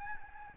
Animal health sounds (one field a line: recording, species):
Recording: mosquito wingbeat signal from an infrared sensor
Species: Aedes albopictus